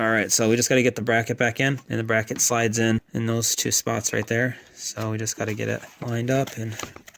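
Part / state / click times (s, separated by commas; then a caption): plastic bracket into its mount in the engine bay / not seated / none. A plastic relay/fuse box bracket is being lined up to slide into its two slots on the mount in the engine bay of a 2007–2017 Jeep Compass during a P0688 no-start fix. Someone talks throughout while the bracket is handled, with faint handling noises under the speech. Nothing has seated or clicked yet by the end of the clip.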